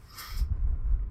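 A single sharp, hissing sneeze burst from an adult man, lasting under half a second, followed by low background rumble.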